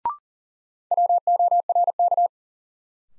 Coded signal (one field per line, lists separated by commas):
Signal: Morse code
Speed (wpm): 37 wpm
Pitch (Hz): 700 Hz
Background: none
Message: WORK